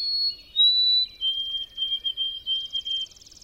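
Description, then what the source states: White-throated Sparrow song: a clear high whistle, a slightly lower whistle, then a still lower whistled note broken into a run of repeated even pulses. Wintering bird bursting into song.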